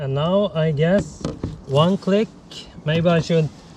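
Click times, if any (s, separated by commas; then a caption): none. A kayak seat's strap clip is being handled as it goes onto the attachment of a Starboard Touring Deluxe Lite inflatable SUP paddle board, while someone talks throughout. Between phrases there are a few faint low handling thuds, around 1.2–1.5 s. No click has sounded yet and the strap clip has not seated.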